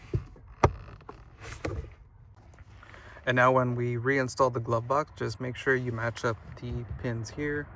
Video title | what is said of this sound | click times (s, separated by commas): Toyota Corolla How To Replace The Cabin/AC Air Filter 2020 - 2025 | in and push till you hear the click. | 0.6 s